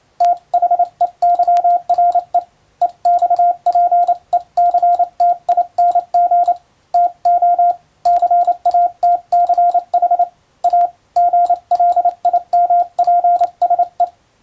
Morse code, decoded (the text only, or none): THEYRE EXPECTING TO CATCH A GLIMPSE